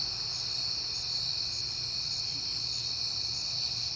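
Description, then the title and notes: Steady high cricket chorus, a constant shrill trill with a few faint higher chirps, above a low hum. Crickets at night in September, on a peaceful night. "Night Time: Crickets and Passing Cars. It is September and I have been hearing the crickets a lot, but finally had a peaceful night to make the recording"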